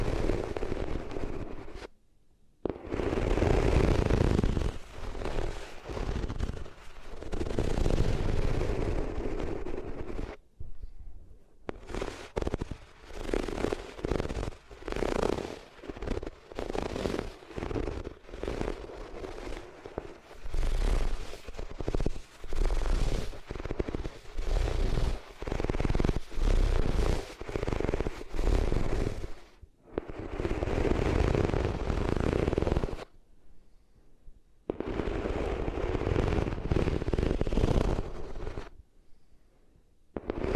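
Rubbing over the ears on different materials makes loud, dense scraping and crackling bursts full of low rumble and bright hiss. The friction comes in long stretches with rapid rough pulses, broken by short silent gaps near 2, 11, 30, 34 and 40 seconds.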